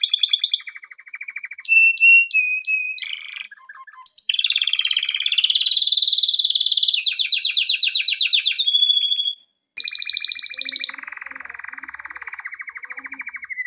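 Canary song: trills and short whistled notes, then a long rolling trill, a brief break, and lower buzzy trills.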